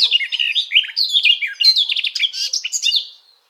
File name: Golosa ptic i zverei - Sadovaia slavka